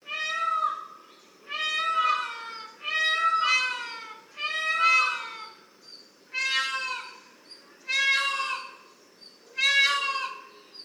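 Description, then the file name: Peafowl giving loud, wailing, harmonic calls, seven in a row, spaced roughly every one and a half seconds. "PAONS"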